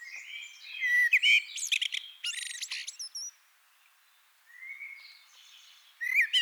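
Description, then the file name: Common blackbird song, a mellow whistled phrase breaking into rapid high chattering twitters, then a pause, another soft fluty phrase and a final sharp twitter. "Turdus merula"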